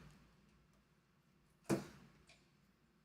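A magnetic pin charging cable is pulled off the charging port of a pair of headphones. A soft, sharp tick at 1.7 seconds marks the moment it comes free, followed by a fainter tick shortly after. The cable is released from the headphones.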